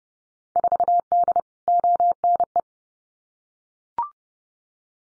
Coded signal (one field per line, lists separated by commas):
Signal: Morse code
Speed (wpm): 30 wpm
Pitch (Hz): 700 Hz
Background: none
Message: 4D ONE